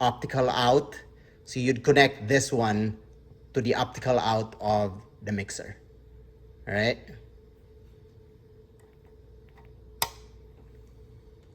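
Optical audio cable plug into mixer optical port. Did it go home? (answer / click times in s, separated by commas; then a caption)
yes / 10.0 s. A man talks for the first several seconds. After a quiet stretch, an optical (TOSLINK) cable plug is pushed into the optical out port of an audio mixer, and it seats with a sharp, bright click at 10.0 seconds.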